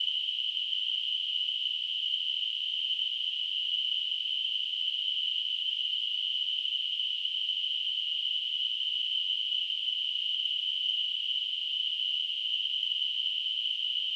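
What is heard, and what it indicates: Simulated tinnitus: a steady, unbroken high-pitched band of noise centred around 3 kHz, holding constant throughout.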